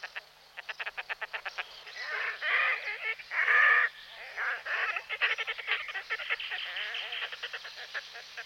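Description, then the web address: Red-necked Grebe calling: a quick run of staccato pulses builds into long, harsh wailing squeals, then breaks back into uneven rapid chattering notes. "Grastrubet"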